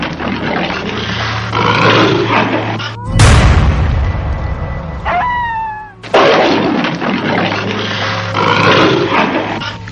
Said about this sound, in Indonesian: Saya merasa ada keanehan di luar tenda. Seperti tenda kami dikelilingi orang banyak. Saya tiduran sambil istighfar dan lama terdengar suara seperti harimau yang selalu menggeram.